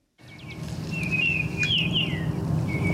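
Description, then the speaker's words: Baltimore Oriole song: a brief run of clear, rich whistled notes that rise and fall, over a steady low background rumble. Heard in spring on a birding outing outside Boston that included blind birders; for one blind birder the song signals that spring has arrived. "Jerry Barrier points out the song of a Baltimore oriole."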